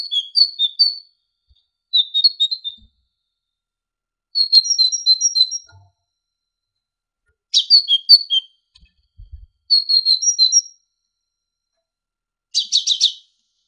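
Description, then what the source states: Great tit song: several bursts of rapid repeated two- and three-note phrases with pauses between, ending in a buzzy chatter. Training ('masteran') recording for songbirds.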